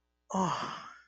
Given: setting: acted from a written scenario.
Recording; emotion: vocal sound without words; desire